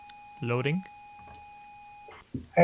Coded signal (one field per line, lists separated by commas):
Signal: ZX Spectrum tape loading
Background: speech